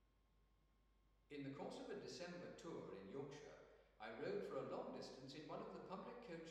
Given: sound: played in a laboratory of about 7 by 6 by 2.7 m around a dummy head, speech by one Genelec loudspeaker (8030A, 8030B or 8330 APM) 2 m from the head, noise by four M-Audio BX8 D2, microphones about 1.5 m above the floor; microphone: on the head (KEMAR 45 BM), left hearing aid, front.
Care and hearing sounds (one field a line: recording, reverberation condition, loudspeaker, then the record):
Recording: male speech in English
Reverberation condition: high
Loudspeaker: 120 degrees to the left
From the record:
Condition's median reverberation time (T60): about 1300 ms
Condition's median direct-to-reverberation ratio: about -4.0 dB